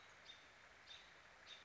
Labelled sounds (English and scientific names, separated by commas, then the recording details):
American Robin (Turdus migratorius)
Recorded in Sonoma County, California